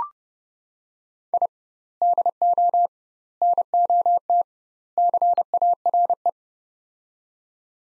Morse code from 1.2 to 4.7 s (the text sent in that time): I DO NOT